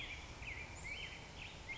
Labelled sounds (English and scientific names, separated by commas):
Black-headed Grosbeak (Pheucticus melanocephalus)